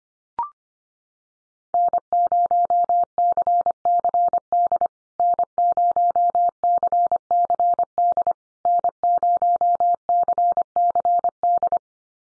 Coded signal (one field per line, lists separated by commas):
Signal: Morse code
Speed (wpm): 25 wpm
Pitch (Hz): 700 Hz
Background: none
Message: N0CCD N0CCD N0CCD